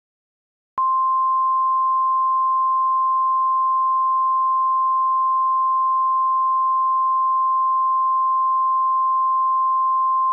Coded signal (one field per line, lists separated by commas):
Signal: Emergency Alert System (SAME) tones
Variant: 1050 Hz attention tone